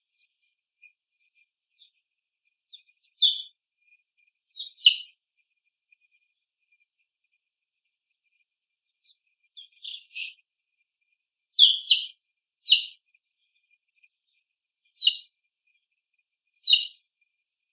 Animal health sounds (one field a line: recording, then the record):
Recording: young laying hens in a cage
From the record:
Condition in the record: after the stressor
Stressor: simulated dog barking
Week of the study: 1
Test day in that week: 1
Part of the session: 1